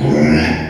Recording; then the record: squeal of a Yucatan mini pig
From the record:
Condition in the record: before surgery on the right vocal fold (resection and tissue-engineered implant); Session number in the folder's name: 2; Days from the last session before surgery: 0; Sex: male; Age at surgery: 12 weeks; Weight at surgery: 13 kg